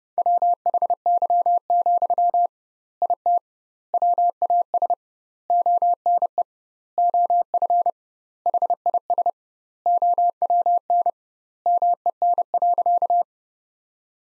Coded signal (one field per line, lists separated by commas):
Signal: Morse code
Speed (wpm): 30 wpm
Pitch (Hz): 700 Hz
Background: none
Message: WHY, IT WAS ONE OF HIS OWN MEN.